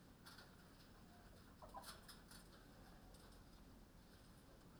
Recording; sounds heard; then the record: poultry house recording; healthy chickens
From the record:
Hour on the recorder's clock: 21